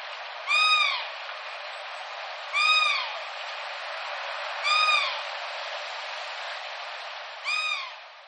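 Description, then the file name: Black swan calling: four bugle-like, slightly falling notes, one about every two to three seconds, over a steady hiss. "kokucho"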